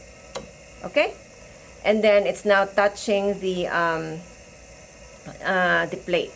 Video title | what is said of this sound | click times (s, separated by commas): Organic Chemistry Lab Experiment: HOW TO ISOLATE ESSENTIAL OILS | screw it down clockwise and then you're gonna hear that click | 0.4 s